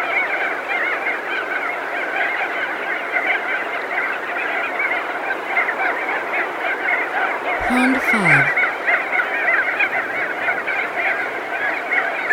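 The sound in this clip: Crested auklets calling in a dense colony chorus, overlapping nasal honks and trumpeting notes, with a brief descending electronic swoop near the eighth second.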